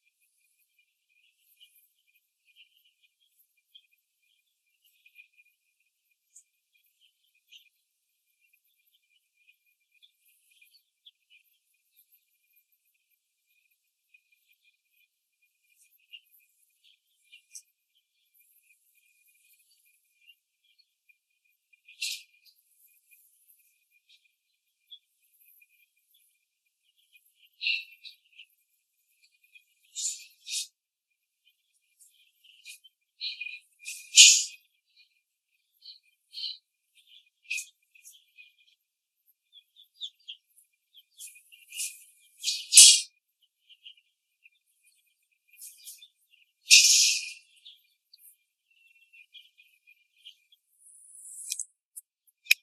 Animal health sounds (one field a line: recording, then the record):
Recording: young laying hens in a cage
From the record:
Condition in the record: after the stressor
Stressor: simulated dog barking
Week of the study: 2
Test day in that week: 2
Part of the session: 4